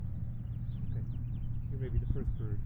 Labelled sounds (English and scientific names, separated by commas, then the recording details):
House Finch (Haemorhous mexicanus) song
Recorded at Wantagh on Long Island, New York, on 21 May 1975
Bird E